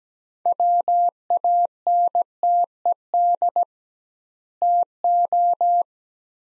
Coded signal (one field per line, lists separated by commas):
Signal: Morse code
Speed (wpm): 17 wpm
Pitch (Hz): 700 Hz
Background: none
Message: WANTED TO